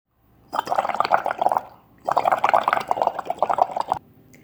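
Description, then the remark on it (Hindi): Two bursts of bubbling, splashing water, the first shorter and the second longer, separated by a brief pause, full of busy gurgling pops at a steady, fairly loud level with no talking, as Artie, a character in a children's story, bumps into a whale, jumps, splashes and releases air bubbles. “वो हवा के बुलबुले छोड़ने लगी। धड़ाम टक्कर, छपाके छपाके।”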